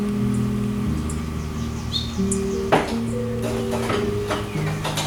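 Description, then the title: Hummingbird giving a few thin, very high chips over a steady low humming that shifts pitch in steps, with soft clicks and rustles near the end. Recorded from a deck with an old camcorder. "Hummingbird Close-Up"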